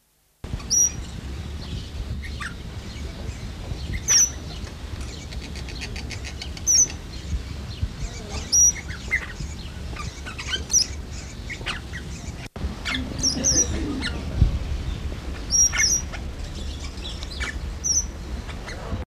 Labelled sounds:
Blue-winged Parrot (Neophema chrysostoma) call

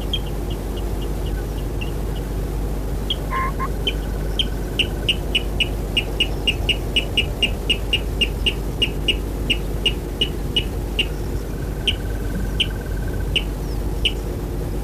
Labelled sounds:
Water Rail (Rallus aquaticus)

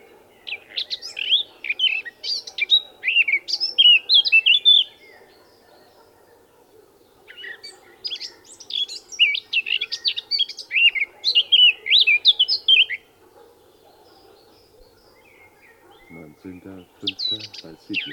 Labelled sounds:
Eurasian Blackcap (Sylvia atricapilla) song

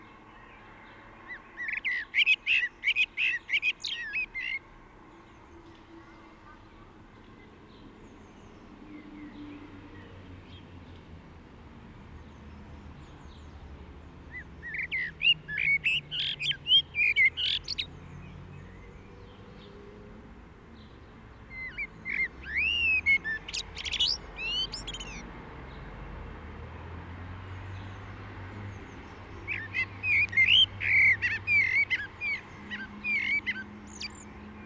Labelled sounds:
Common Blackbird (Turdus merula) song

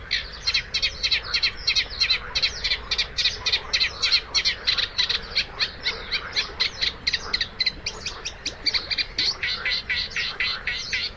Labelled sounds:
Eurasian Reed Warbler (Acrocephalus scirpaceus) song

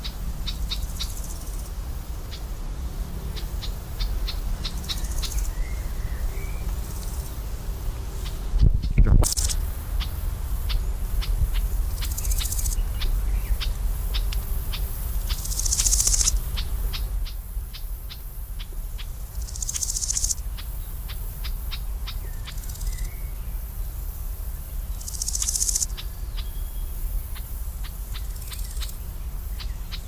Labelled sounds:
Garden Warbler (Sylvia borin) alarm call

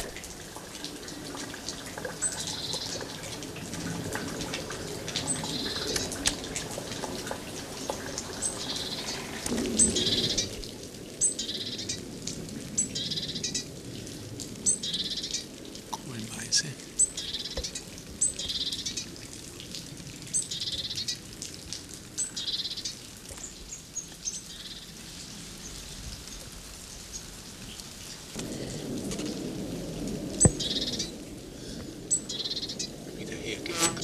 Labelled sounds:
Great Tit (Parus major) song

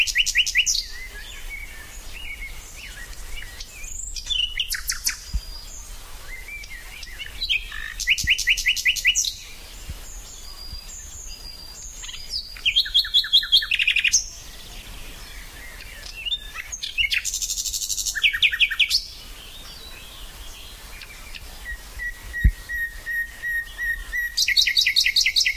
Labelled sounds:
Common Nightingale (Luscinia megarhynchos) song

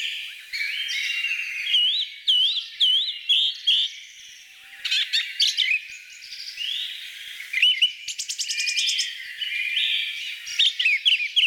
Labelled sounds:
Song Thrush (Turdus philomelos) song

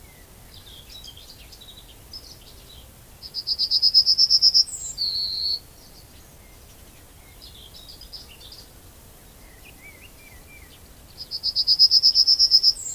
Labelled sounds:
Yellowhammer (Emberiza citrinella) song

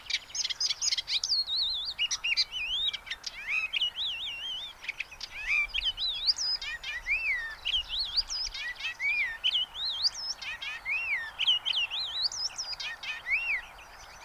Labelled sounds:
Icterine Warbler (Hippolais icterina) song

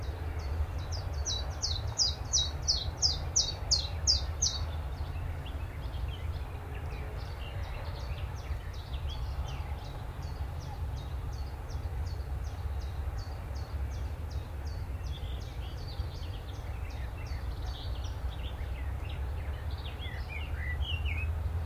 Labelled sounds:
Willow Warbler (Phylloscopus trochilus)

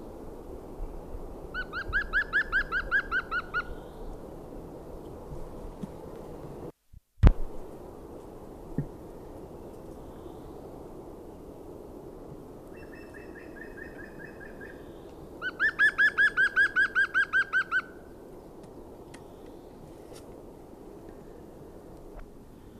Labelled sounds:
European Green Woodpecker (Picus viridis) song

